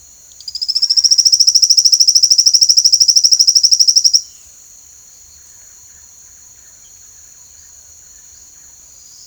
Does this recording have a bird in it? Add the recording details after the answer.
yes. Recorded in secondary vegetation near Puerto Asís, Putumayo, Colombia, on 24 June 2025. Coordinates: 0.488, -76.319. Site G094